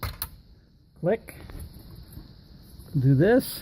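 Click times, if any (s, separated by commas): 0.2 s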